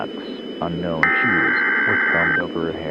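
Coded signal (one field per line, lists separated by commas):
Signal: Emergency Alert System (SAME) tones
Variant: header bursts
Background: speech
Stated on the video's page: Mock EAS Child Abduction Emergency.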